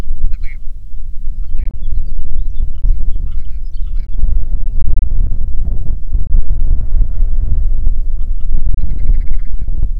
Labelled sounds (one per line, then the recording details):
songbird
grouse or ptarmigan
wind
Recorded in the Prudhoe Bay oil fields, Alaska, on 6 June 2019 at 03:45
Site 16